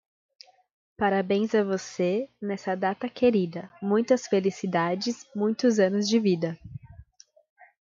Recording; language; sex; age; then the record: short text; Brazilian Portuguese; female; 20 to 29 years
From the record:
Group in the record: control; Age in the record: 25 years